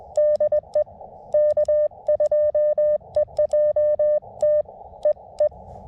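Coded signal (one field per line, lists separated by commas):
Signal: Morse code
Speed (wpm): 20 wpm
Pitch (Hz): 590 Hz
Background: none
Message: DE K2EJT EE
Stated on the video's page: CW Parks on the Air activation from a state forest, calling CQ at 20 wpm, with park-to-park callers replying at 25-40 wpm.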